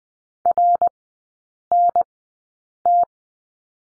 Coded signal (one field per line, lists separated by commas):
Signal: Morse code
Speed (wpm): 20 wpm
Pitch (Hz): 700 Hz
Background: none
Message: RNT